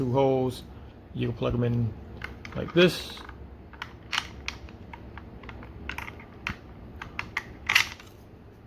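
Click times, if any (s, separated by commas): none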